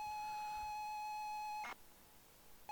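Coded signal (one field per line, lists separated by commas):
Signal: ZX Spectrum tape loading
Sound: steady buzzy lead tone for under two seconds, brief harsh burst, then hiss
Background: tape hiss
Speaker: It looks really strong as well, that signal.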